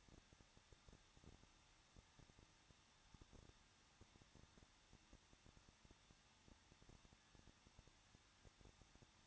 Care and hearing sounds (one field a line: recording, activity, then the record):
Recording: daily activity, microphone in the room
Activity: no activity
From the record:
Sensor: 3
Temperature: 21.2 degrees Celsius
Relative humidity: 36.3%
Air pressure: 1006.3 hPa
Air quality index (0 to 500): 221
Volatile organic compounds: 40 ppm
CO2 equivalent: 3149 ppm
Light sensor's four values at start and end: 2/3/2/2 and 2/3/2/2